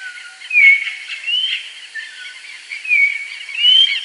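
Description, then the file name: Bird calls: a few whistled notes, alternately dropping and rising, set against a busy background of high twittering and hiss. "SABIOD 50 bird 2015"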